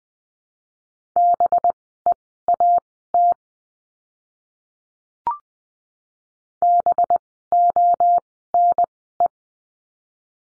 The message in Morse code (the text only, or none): BEAT BONE